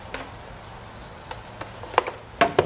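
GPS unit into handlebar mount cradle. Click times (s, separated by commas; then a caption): 2.4 s. A Garmin 590LM motorcycle GPS unit is pressed into its plastic SW Motech handlebar mounting cradle on a KTM 1290 Super Adventure after a struggle to fit it. Quiet fumbling taps lead to a sharp snap at 2.0 s, then a loud click at 2.4 s, followed by two more quick clicks near 2.6 and 2.7 s. The unit is seated in the cradle.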